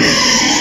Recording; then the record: squeal of a Yucatan mini pig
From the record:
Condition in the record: before surgery on the right vocal fold (resection and tissue-engineered implant); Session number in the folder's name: 2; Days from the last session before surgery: 0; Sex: male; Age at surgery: 12 weeks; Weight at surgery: 13 kg